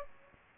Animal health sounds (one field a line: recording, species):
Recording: mosquito wingbeat signal from an infrared sensor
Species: Aedes aegypti